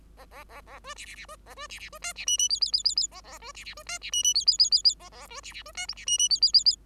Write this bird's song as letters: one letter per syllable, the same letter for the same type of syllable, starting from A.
A A A A B C C C B A B C C B D C E E F F F F F A A B C C B D C E E F F F F F A A B C C B D G C E E F F F F